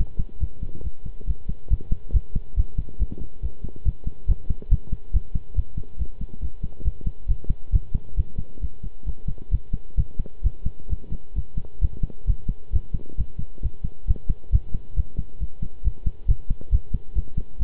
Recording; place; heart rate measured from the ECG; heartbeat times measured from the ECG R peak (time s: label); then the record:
heart sounds by stethoscope; between the tricuspid and mitral areas; 136 bpm
0.40 s: heartbeat
0.84 s: heartbeat
1.27 s: heartbeat
1.70 s: heartbeat
2.14 s: heartbeat
2.57 s: heartbeat
2.99 s: heartbeat
3.42 s: heartbeat
3.85 s: heartbeat
4.28 s: heartbeat
4.71 s: heartbeat
5.13 s: heartbeat
5.56 s: heartbeat
5.99 s: heartbeat
6.41 s: heartbeat
6.85 s: heartbeat
7.28 s: heartbeat
7.72 s: heartbeat
8.17 s: heartbeat
8.61 s: heartbeat
9.06 s: heartbeat
9.51 s: heartbeat
9.97 s: heartbeat
10.44 s: heartbeat
10.90 s: heartbeat
11.35 s: heartbeat
11.81 s: heartbeat
12.27 s: heartbeat
12.73 s: heartbeat
13.18 s: heartbeat
13.63 s: heartbeat
14.07 s: heartbeat
14.52 s: heartbeat
14.96 s: heartbeat
15.40 s: heartbeat
15.84 s: heartbeat
16.28 s: heartbeat
16.72 s: heartbeat
17.15 s: heartbeat
17.59 s: heartbeat
From the record:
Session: pedaling a stationary bicycle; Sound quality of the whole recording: good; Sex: male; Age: 23 years